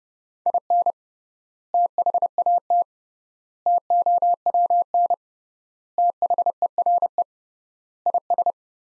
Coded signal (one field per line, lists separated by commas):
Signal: Morse code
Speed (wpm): 30 wpm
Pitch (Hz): 700 Hz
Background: none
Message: IN THAT TOWN THERE IS